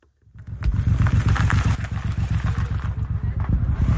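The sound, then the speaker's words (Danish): A motorcycle engine idles at a motorcycle rally with a loud, rapid, throbbing low-pitched rumble, its pulsing rhythm steady throughout after a brief quiet start. “sendte vi så vores reporter, Rasmus Svaneborg, op til det her legendariske motorcykeltræf”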